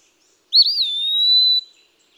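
Eastern wood-pewee giving one sweet whistled song phrase, a quick wavering start sliding into a long, even, high note.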